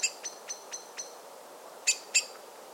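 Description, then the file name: Eurasian blackbird calling with a few evenly spaced, sharp ticking notes, then two louder clicks after a brief gap. "Turdus merula"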